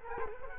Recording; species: mosquito wingbeat signal from an infrared sensor; Culex quinquefasciatus